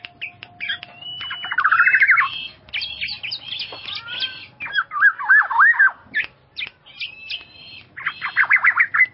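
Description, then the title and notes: Bird song with a fast buzzy trill, a thin steady whistle, looping warbled phrases and quick sharp chirps in between. "Bird Sound. Kicau Burung Lengkap"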